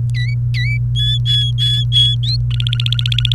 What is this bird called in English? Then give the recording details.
Domestic Canary. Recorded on 29 April 2018 at 17:37. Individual llb3